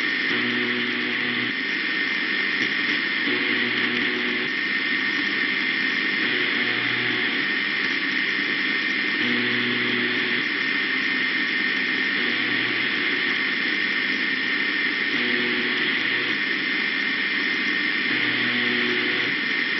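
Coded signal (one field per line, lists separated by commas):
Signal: channel marker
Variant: UVB-76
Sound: short low rasping buzzes, about seven, repeating every three seconds through loud hiss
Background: radio static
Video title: The Buzzer (UVB-76) is buzzin'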